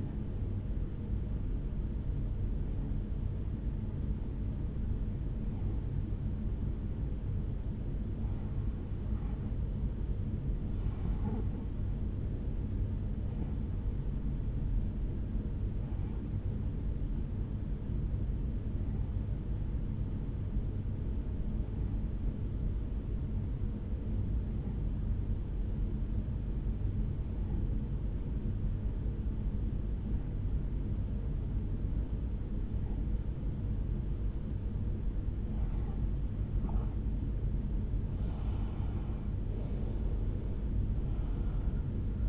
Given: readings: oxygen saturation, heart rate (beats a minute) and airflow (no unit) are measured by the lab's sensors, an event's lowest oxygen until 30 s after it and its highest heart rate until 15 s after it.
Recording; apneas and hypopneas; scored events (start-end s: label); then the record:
breathing in sleep by a smartphone at the bedside; 1
14.00-35.70 s: hypopnea (N2, oxygen 92% highest, then 87% lowest, heart rate 69 at the start, 74 highest)
41.00-42.29 s: new sleep stage, N1 (lightest sleep)
From the record:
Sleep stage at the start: N2 (light sleep); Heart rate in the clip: 64 to 69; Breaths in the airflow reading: 15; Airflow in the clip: -4.3 to 3.5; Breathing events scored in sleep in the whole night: 449 in 7.0 hours asleep